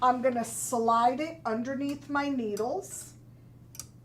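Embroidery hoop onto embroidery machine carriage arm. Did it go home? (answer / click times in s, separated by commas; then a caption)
yes / 3.8 s. An embroidery hoop is slid under the needles of a Janome MB-7 multi-needle embroidery machine and snapped onto the hoop carriage arm. Someone talks at first, then a sharp double click sounds at 3.8 s and 3.8 s as the hoop seats into place.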